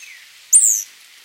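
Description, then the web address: Bird whistle: one short, very high note that slurs downward, preceded by a faint falling whistle, in quiet surroundings. "cantos tuquiraya"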